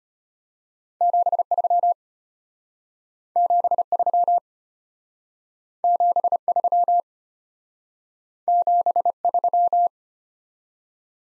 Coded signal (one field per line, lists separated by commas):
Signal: Morse code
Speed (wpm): 32 wpm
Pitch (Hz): 700 Hz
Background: none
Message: 73 73 73 73